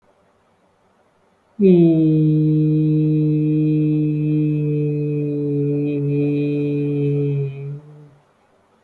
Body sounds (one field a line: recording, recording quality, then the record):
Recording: sustained vowel as in boot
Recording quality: excellent, no background noise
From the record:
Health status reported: healthy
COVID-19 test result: not tested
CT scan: not taken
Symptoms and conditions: hypertension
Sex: male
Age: 23 years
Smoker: no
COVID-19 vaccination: none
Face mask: not worn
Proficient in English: no